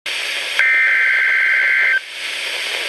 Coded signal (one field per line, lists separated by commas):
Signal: Emergency Alert System (SAME) tones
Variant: header bursts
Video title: Severe Thunderstorm Warning - 05/19/13 (EAS #398)